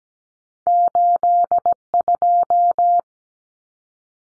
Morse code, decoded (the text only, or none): 82